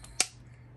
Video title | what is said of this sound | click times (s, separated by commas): How to use The fat wrench for your scopes rings and mounts | Hear the click? That is now set at 20 pounds. | 0.2 s